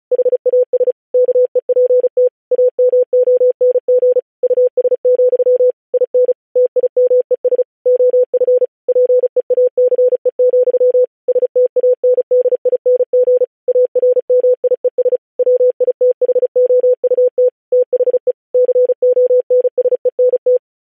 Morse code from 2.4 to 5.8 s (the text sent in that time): AMONG US,